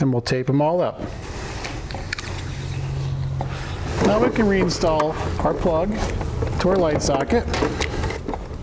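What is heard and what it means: A plastic bulb socket with its wiring is handled near the taillight housing of a 2016 Subaru Forester while a Roadmaster Diode 7-Wire to 6-Wire Flexo-Coil Wiring Kit is installed. Someone talks over a low steady hum, with a few brief handling knocks. Nothing has seated or clicked into the taillight housing yet.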